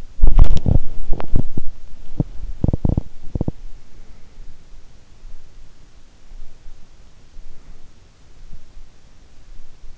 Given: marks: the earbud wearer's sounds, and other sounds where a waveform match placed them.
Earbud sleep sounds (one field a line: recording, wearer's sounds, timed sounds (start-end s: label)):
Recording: sounds in sleep by an in-ear microphone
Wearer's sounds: body movement, swallowing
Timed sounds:
0.00-3.60 s: body movement
1.15-1.91 s: swallowing